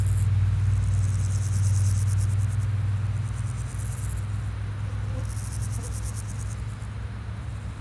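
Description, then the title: Grasshoppers making rapid pulsed, hissing bursts in separate bouts, over a loud deep engine drone from traffic. Sunny day at Pins Noirs, Chaussée de Tervueren, Auderghem, Brussels, Belgium, with car traffic passing; recorded with DPA 4060 microphones in AB position into a Zoom F3. "Chaussée de Tervueren, Pins Noirs, Auderghem, Bruxelles-Capitale, 1160, Belgique - Sauterelles - Grasshoppers"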